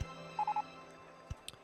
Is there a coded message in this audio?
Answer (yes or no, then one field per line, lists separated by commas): no